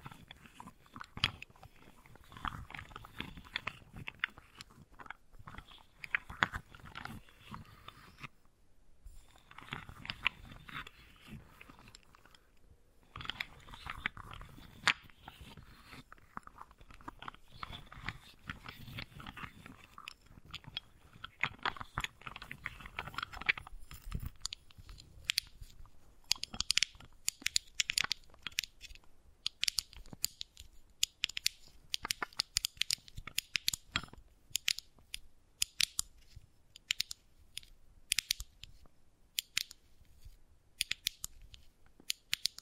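Wooden ball triggers: a dense, crackly run of small clicks and rattles, like beads rolling and knocking together, with brief pauses near 9 and 13 seconds. After about 25 seconds the sound turns into sharper, brighter, separate taps coming quickly and fairly evenly.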